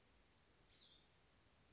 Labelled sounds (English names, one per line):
Cassin's Vireo